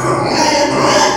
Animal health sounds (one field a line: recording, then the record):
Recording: squeal of a Yucatan mini pig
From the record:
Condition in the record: before surgery on the right vocal fold (resection and tissue-engineered implant)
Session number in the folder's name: 1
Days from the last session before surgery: -3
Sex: male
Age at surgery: 12 weeks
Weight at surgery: 13 kg